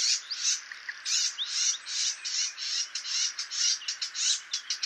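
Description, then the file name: Eurasian blackcap calls, a steady string of harsh, scratchy chattering notes in quick bursts, high-pitched and fairly continuous. "Sylvia atricapilla"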